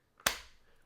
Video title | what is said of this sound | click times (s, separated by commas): I DIDN'T EXPECT To Like This Case!! - Nomad Traditional Leather for iPhone 17 Pro Max | Very nice, solid click onto the phone there. | 0.3 s